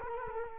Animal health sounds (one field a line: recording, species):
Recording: mosquito wingbeat signal from an infrared sensor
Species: Culex quinquefasciatus